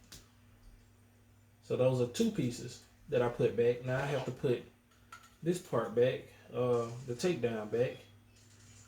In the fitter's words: you'll hear it snap when you apply pressure to the top.